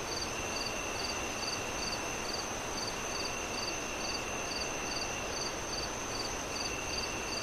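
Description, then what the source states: Crickets chirp in short, evenly spaced bursts about twice per second, with a steady high tone beneath them over a constant noisy background. Crickets chirping on a windy night, wind gusting through trees.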